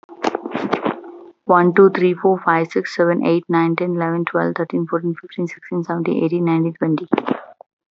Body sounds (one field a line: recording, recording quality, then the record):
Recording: counting at a fast pace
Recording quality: excellent, no background noise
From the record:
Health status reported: healthy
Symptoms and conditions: none ticked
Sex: female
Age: 30 years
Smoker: not ticked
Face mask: not worn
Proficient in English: yes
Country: India